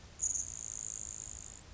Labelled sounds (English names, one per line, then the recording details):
Grasshopper Sparrow
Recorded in Sonoma County, California